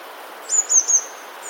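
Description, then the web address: Eurasian blue tit song: a single quick phrase of three thin, high-pitched notes. "wroblowe teka spiew modraszkoteka"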